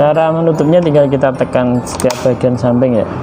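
Someone talks while the plastic bottom cover of a Lenovo V130-14IGM laptop is handled for closing after an SSD upgrade, with the sides to be pressed until the locking clips click into the chassis and no gaps remain at the seams. Nothing has seated or clicked yet.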